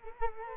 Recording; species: mosquito wingbeat signal from an infrared sensor; Culex quinquefasciatus